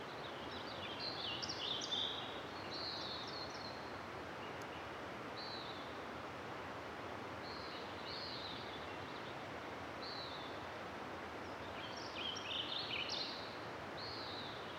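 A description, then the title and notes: Dawn chorus in a forest valley on a summer morning, with bird calls and chirps scattered throughout, clustering near the start, around the middle and again toward the end. Beneath them runs a steady, dense rushing hiss, like flowing water, constant for the whole clip. Dawn Chorus In The Valley Of The North Fork Of The Sacramento River. Recorded in the forest on a clear summer morning high in the valley of the North Fork of the Sacramento River in Shasta-Trinity National Forest, Siskiyou County, California. The rushing water of several streams is heard in the distance.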